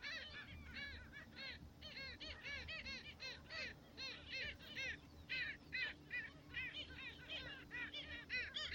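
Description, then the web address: Black skimmer calls: a steady, busy chorus of harsh, barking, arched notes from several birds in irregular bursts, over a constant low rumble. "Black skimmer. پرنده-آب-شکاف-سیاه"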